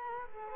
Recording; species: mosquito wingbeat signal from an infrared sensor; Culex quinquefasciatus